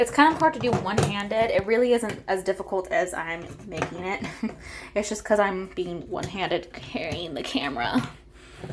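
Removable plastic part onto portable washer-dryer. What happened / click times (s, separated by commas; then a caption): The part is being handled but has not clicked into place yet / none. Someone pushes a removable plastic part back onto a Costway portable washer and dryer, one-handed while carrying a camera, talking throughout with faint handling noises underneath. The part has not seated or clicked on yet.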